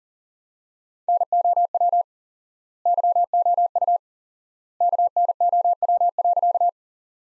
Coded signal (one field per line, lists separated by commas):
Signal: Morse code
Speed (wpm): 37 wpm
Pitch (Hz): 700 Hz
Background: none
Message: NOW YOU KNOW.